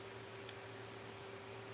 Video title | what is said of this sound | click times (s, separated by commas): LET’S TALK ABOUT PERSONAL SHOPPERS & RESELLERS!!! | Insert it. You can hear a little click. | 0.5 s